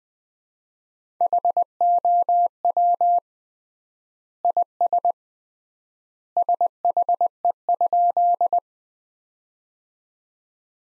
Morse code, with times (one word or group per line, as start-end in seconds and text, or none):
1.2-3.2 HOW
4.4-5.1 IS
6.4-8.6 SHE?